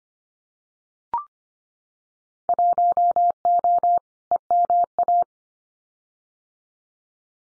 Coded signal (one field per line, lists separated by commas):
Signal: Morse code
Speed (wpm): 25 wpm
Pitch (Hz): 700 Hz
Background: none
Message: 1O EMA